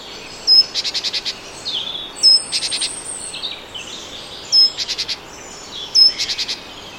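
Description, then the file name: Great tit calls: a thin, sharp high note followed by a quick run of five or six buzzy pulses. The bout repeats four times. "Parus major"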